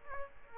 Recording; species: mosquito wingbeat signal from an infrared sensor; Aedes aegypti